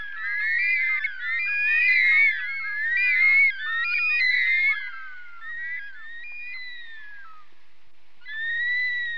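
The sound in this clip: Bird calls, busy overlapping whistles and squeaky slurred notes, loud chattering that thins out near the end before a final steady whistle.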